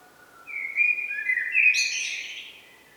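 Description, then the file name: Eurasian blackbird song: a low fluted warble that rises into a squeaky, high twittering flourish at the end, one phrase lasting about two seconds. "Turdus merula"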